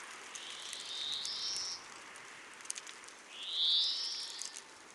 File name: Chloris chloris